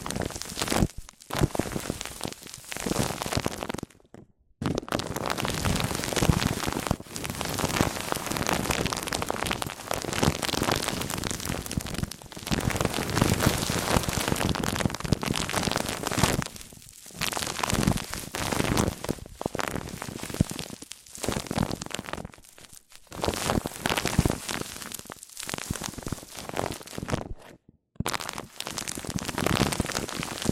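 Mic-on-mic triggers: dense scratchy rubbing and crackling handling sounds, steady for long stretches, broken by brief silent gaps near 4, 22 and 28 seconds.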